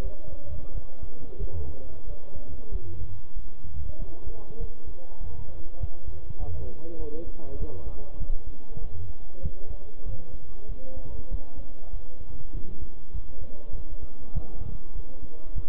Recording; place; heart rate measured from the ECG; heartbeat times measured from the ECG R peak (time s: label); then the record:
heart sounds by stethoscope; between the tricuspid and mitral areas; 97 bpm
0.04 s: heartbeat
0.75 s: heartbeat
1.40 s: heartbeat
2.07 s: heartbeat
2.72 s: heartbeat
3.36 s: heartbeat
3.99 s: heartbeat
4.60 s: heartbeat
5.21 s: heartbeat
5.80 s: heartbeat
6.40 s: heartbeat
6.99 s: heartbeat
7.60 s: heartbeat
8.20 s: heartbeat
8.81 s: heartbeat
9.43 s: heartbeat
10.06 s: heartbeat
10.69 s: heartbeat
11.31 s: heartbeat
11.93 s: heartbeat
12.54 s: heartbeat
13.14 s: heartbeat
13.75 s: heartbeat
14.35 s: heartbeat
14.95 s: heartbeat
15.56 s: heartbeat
From the record:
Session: bicycle stress test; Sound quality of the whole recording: good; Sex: male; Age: 23 years